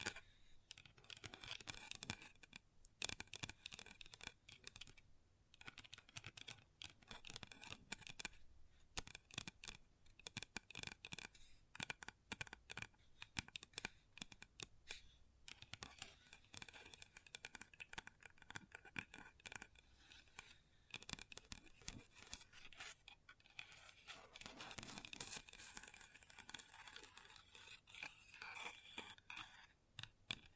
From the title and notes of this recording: ASMR Table Tapping & Scratching with Long Nails (No Talking).